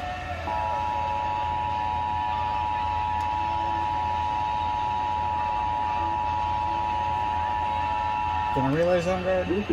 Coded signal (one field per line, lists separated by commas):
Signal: Emergency Alert System (SAME) tones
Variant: 853 and 960 Hz attention tone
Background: speech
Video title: EAS Compilation: Flooding Fun & Sage Debut (2/17/23) EAS 1605-1622